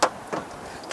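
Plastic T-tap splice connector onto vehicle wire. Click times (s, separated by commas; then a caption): 0.0 s. A wire is pushed into the vertical slot of a plastic T-tap splice connector on a Tesla Model 3/Y vehicle wire during an LED fog light and turn signal install, then crimped down with pliers. A sharp click at 0.0 s marks the connector crimping shut and seating, followed by a softer rustle around 0.3 s and a brief handling noise near 0.9 s.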